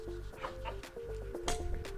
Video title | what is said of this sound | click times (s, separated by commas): Unboxing & Assembling The PR511 Cloud+ with Nirvana Swedish Massage | you should hear that click and then you're ready to go roll your chair onto its front | 1.5 s